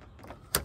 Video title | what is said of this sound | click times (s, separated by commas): How To Replace Upper Radiator Hose on BMW 328i | pull it up as you hear the click and that locks in. | 0.5 s